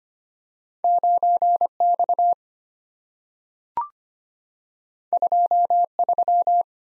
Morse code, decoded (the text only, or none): 9X 23